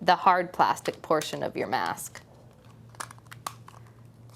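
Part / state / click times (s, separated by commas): mask cushion seal into the hard plastic mask frame / seated / 3.5 s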